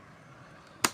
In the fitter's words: pag naka-lock na ganon, hindi huwag mo na siyang isara itong pang-ful face.